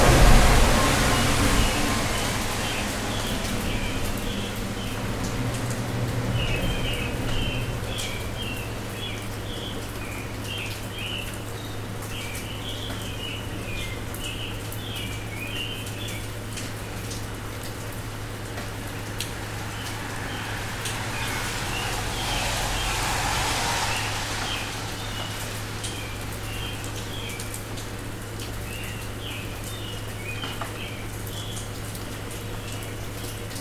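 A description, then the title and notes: Steady rain patters throughout with a low constant hum beneath, while bursts of chirping birdsong come and go, swelling briefly around twenty-three seconds. Rain and Birdsong (Field Recording). Figured I'd record the rain this morning. The recording is just using the Zoom's internal mics pointed out my window, with the windscreen on.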